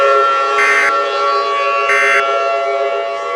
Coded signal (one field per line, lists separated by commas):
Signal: Emergency Alert System (SAME) tones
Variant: end-of-message bursts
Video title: EAS Scenario - CaseOh's Rampage (Part 1) (Remastered) (Season 1, Episode 1)